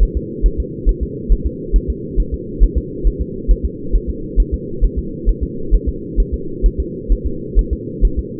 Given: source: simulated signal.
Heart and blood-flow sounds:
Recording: fetal heart sounds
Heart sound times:
0.03 s: S1
0.17 s: S2
0.46 s: S1
0.60 s: S2
0.89 s: S1
1.03 s: S2
1.32 s: S1
1.46 s: S2
1.76 s: S1
1.90 s: S2
2.20 s: S1
2.34 s: S2
2.63 s: S1
2.78 s: S2
3.07 s: S1
3.21 s: S2
3.51 s: S1
3.65 s: S2
3.95 s: S1
4.09 s: S2
4.40 s: S1
4.54 s: S2
4.84 s: S1
4.98 s: S2
5.29 s: S1
5.43 s: S2
5.74 s: S1
5.88 s: S2
6.20 s: S1
6.34 s: S2
6.66 s: S1
6.80 s: S2
7.12 s: S1
7.26 s: S2
7.59 s: S1
7.73 s: S2
8.05 s: S1
8.19 s: S2
From the record:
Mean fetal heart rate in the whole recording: 135 bpm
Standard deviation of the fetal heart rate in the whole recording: 3 bpm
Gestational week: 36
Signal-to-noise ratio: -4.3 dB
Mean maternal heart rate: 72 bpm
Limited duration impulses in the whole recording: absent

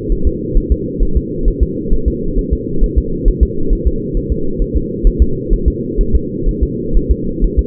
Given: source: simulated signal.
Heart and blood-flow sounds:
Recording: fetal heart sounds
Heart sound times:
0.12 s: S1
0.27 s: S2
0.57 s: S1
0.72 s: S2
1.03 s: S1
1.17 s: S2
1.48 s: S1
1.63 s: S2
1.93 s: S1
2.08 s: S2
2.38 s: S1
2.53 s: S2
2.84 s: S1
2.98 s: S2
3.28 s: S1
3.43 s: S2
3.73 s: S1
3.88 s: S2
4.17 s: S1
4.32 s: S2
4.62 s: S1
4.76 s: S2
5.07 s: S1
5.22 s: S2
5.53 s: S1
5.68 s: S2
6.01 s: S1
6.15 s: S2
6.48 s: S1
6.63 s: S2
6.97 s: S1
7.11 s: S2
7.44 s: S1
7.59 s: S2
From the record:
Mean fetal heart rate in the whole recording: 130 bpm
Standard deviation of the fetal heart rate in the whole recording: 4 bpm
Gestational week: 38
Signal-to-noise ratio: -8.1 dB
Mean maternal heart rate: 72 bpm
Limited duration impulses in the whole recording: absent

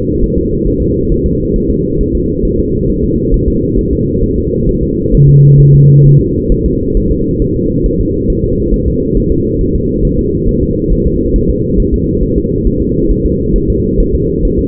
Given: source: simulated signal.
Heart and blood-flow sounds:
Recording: fetal heart sounds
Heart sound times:
0.24 s: S1
0.38 s: S2
0.67 s: S1
0.82 s: S2
1.12 s: S1
1.26 s: S2
1.56 s: S1
1.70 s: S2
2.01 s: S1
2.15 s: S2
2.45 s: S1
2.59 s: S2
2.90 s: S1
3.04 s: S2
3.34 s: S1
3.48 s: S2
3.79 s: S1
3.93 s: S2
4.24 s: S1
4.38 s: S2
4.69 s: S1
4.83 s: S2
5.15 s: S1
5.29 s: S2
5.60 s: S1
5.75 s: S2
6.06 s: S1
6.21 s: S2
6.52 s: S1
6.66 s: S2
6.97 s: S1
7.12 s: S2
7.42 s: S1
7.56 s: S2
7.86 s: S1
8.00 s: S2
8.30 s: S1
8.44 s: S2
8.74 s: S1
8.88 s: S2
9.18 s: S1
9.32 s: S2
9.61 s: S1
9.75 s: S2
10.05 s: S1
10.19 s: S2
10.49 s: S1
10.63 s: S2
10.93 s: S1
11.07 s: S2
11.36 s: S1
11.50 s: S2
11.80 s: S1
11.94 s: S2
12.23 s: S1
12.38 s: S2
12.67 s: S1
12.82 s: S2
13.12 s: S1
13.26 s: S2
13.56 s: S1
13.70 s: S2
14.00 s: S1
14.15 s: S2
14.45 s: S1
14.59 s: S2
From the record:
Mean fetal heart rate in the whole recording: 135 bpm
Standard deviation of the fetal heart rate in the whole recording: 3 bpm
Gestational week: 36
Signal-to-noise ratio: -10.2 dB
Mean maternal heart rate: 72 bpm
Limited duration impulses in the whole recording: present

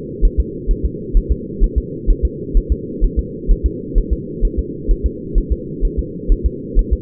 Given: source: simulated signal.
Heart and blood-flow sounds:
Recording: fetal heart sounds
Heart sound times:
0.25 s: S1
0.40 s: S2
0.71 s: S1
0.85 s: S2
1.17 s: S1
1.32 s: S2
1.64 s: S1
1.78 s: S2
2.10 s: S1
2.25 s: S2
2.57 s: S1
2.72 s: S2
3.04 s: S1
3.19 s: S2
3.51 s: S1
3.66 s: S2
3.98 s: S1
4.13 s: S2
4.45 s: S1
4.59 s: S2
4.91 s: S1
5.06 s: S2
5.38 s: S1
5.52 s: S2
5.85 s: S1
5.99 s: S2
6.32 s: S1
6.46 s: S2
6.79 s: S1
6.93 s: S2
From the record:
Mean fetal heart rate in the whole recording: 130 bpm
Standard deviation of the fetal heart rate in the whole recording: 2 bpm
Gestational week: 38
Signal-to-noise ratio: -4.1 dB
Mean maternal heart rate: no maternal heart sound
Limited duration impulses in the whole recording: absent

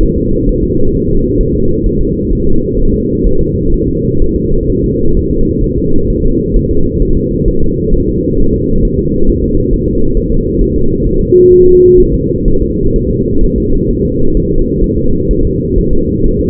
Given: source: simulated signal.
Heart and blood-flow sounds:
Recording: fetal heart sounds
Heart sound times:
0.03 s: S1
0.18 s: S2
0.49 s: S1
0.64 s: S2
0.95 s: S1
1.09 s: S2
1.41 s: S1
1.55 s: S2
1.86 s: S1
2.01 s: S2
2.33 s: S1
2.47 s: S2
2.79 s: S1
2.94 s: S2
3.27 s: S1
3.41 s: S2
3.74 s: S1
3.89 s: S2
4.22 s: S1
4.36 s: S2
4.70 s: S1
4.84 s: S2
5.17 s: S1
5.31 s: S2
5.64 s: S1
5.78 s: S2
6.10 s: S1
6.25 s: S2
6.57 s: S1
6.71 s: S2
7.02 s: S1
7.17 s: S2
7.48 s: S1
7.63 s: S2
7.94 s: S1
8.09 s: S2
8.40 s: S1
8.54 s: S2
8.85 s: S1
8.99 s: S2
9.29 s: S1
9.44 s: S2
9.73 s: S1
9.88 s: S2
10.17 s: S1
10.32 s: S2
10.62 s: S1
10.76 s: S2
11.06 s: S1
11.21 s: S2
11.53 s: S1
11.67 s: S2
12.00 s: S1
12.14 s: S2
12.48 s: S1
12.62 s: S2
12.96 s: S1
13.11 s: S2
13.44 s: S1
13.58 s: S2
13.91 s: S1
14.05 s: S2
14.37 s: S1
14.52 s: S2
14.84 s: S1
14.98 s: S2
15.31 s: S1
15.45 s: S2
15.78 s: S1
15.93 s: S2
16.26 s: S1
16.41 s: S2
From the record:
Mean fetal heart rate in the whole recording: 130 bpm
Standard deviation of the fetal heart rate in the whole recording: 4 bpm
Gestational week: 38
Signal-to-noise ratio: -17.7 dB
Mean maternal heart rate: 72 bpm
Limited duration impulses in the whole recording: present

